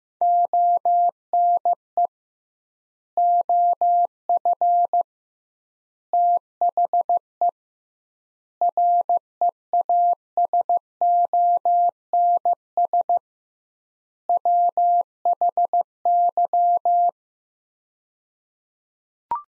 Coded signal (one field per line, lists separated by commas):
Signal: Morse code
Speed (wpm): 15 wpm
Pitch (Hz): 700 Hz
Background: none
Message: ONE OF THE REASONS WHY